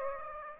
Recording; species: mosquito wingbeat signal from an infrared sensor; Aedes aegypti